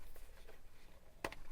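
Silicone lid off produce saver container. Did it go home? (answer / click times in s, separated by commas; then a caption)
released / 1.2 s. A silicone lid on a SOOPLEU avocado and tomato produce saver container is slid off rather than popped. After a quiet stretch, a short snap is heard at 1.3 s, followed by a weaker click, as the lid releases and opens easily.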